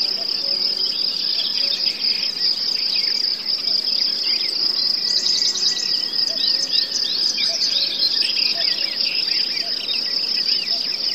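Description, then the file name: Forest birds, cuckoo and crickets: steady shrill cricket trilling fills the background as small birds twitter and chirp intermittently, with a brief rapid trill midway. Forest ambience with birds, cuckoos and crickets. "les ptici kukushki sverchki zhuzhzhanie muhi"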